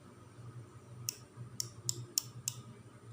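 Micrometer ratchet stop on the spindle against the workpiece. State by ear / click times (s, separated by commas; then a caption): torque reached / 1.1 s, 1.6 s, 1.9 s, 2.2 s, 2.5 s. A micrometer's thimble ratchet stop is turned clockwise, bringing the spindle against a metal tube until the ratchet slips at measuring force. Five sharp clicks are heard at 1.1, 1.6, 1.9, 2.2 and 2.5 seconds over a low steady hum, confirming the correct torque has been reached. The lock is then to be tightened so the spindle does not move.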